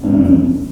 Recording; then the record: squeal of a Yucatan mini pig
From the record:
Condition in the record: after surgery on the right vocal fold (resection and tissue-engineered implant); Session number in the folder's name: 5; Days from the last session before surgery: 33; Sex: female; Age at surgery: 19 weeks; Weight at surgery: 25 kg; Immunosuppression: prednisolone